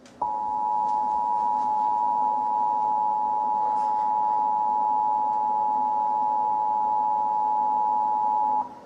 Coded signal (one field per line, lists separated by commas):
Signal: Emergency Alert System (SAME) tones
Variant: 853 and 960 Hz attention tone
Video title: "H-TOWN" - An EAS Scenario